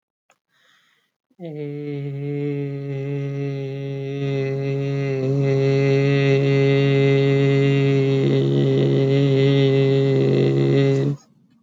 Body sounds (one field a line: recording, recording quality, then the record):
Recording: sustained vowel as in made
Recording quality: excellent, no background noise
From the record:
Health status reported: healthy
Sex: male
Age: 30 years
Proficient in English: yes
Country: India